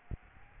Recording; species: mosquito wingbeat signal from an infrared sensor; Aedes albopictus